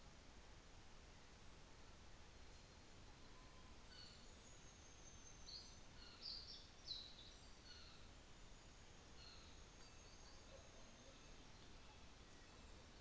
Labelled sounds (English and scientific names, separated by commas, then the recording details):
North Island Saddleback (Philesturnus rufusater), New Zealand Fantail (Rhipidura fuliginosa)
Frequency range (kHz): North Island Saddleback (Philesturnus rufusater) 1.0-5.2 kHz; New Zealand Fantail (Rhipidura fuliginosa) 5.8-7.8 kHz
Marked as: faintness 3/5, faintness 2/5, faintness 4/5, faintness 5/5
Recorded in New Zealand on 24 December 2018
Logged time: 17:45